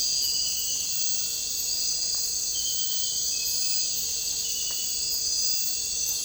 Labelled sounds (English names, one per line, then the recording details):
none
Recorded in dense forest near Puerto Asís, Putumayo, Colombia, on 9 March 2025 at 02:00
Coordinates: 0.467, -76.328
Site G041